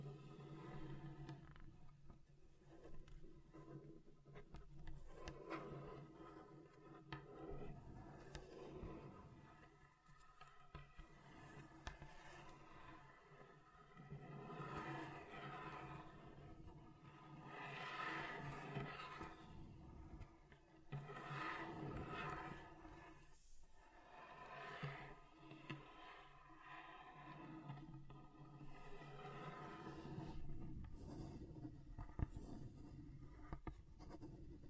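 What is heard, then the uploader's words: Fingernails scratch across different table surfaces, a continuous rough rasping that swells and fades in irregular strokes, with a steady low hum beneath. ASMR Relaxing Table Scratching Different Surfaces (No Talking).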